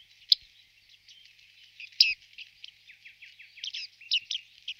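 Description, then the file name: Bearded reedling giving soft, high pinging and ticking notes, sparse at first, then louder clustered pings near the end. "baardman"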